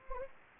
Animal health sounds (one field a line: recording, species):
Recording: mosquito wingbeat signal from an infrared sensor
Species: Anopheles gambiae